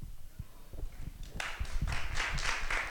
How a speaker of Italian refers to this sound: Gli applausi.